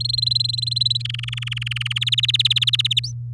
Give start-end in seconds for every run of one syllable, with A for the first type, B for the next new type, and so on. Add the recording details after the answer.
0.00-1.02 A, 1.05-1.99 B, 2.01-3.00 C, 3.03-3.12 D. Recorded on 8 May 2018 at 06:04. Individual llb16